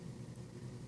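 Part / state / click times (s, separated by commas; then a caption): folding knife blade into closed position held by the liner's ceramic detent ball / not seated / none. An Artisan Cutlery Xcellerator folding knife's blade is being closed toward the position where the ceramic detent ball on the metal liner lock drops into the detent hole in the blade. Only a steady low rumble is heard, with no distinct transient. Nothing has seated or clicked yet.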